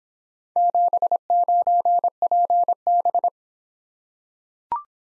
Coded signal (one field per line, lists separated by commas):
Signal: Morse code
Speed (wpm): 26 wpm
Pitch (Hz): 700 Hz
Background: none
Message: 79PB